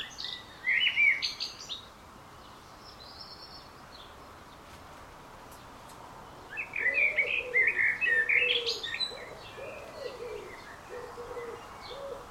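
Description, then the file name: Common blackbird singing two fluty warbled phrases ending in squeaky twitters, with low soft cooing notes repeated in the background. "Turdus merula"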